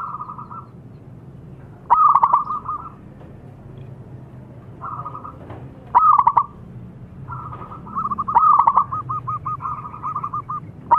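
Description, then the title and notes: Zebra dove song with short runs of fast pulsed coos and louder rolling phrases at intervals, grouped in loose bursts. Zebra dove actively singing. "Pancingan Perkutut Durasi Panjang. Suara Burung Perkutut Gacor"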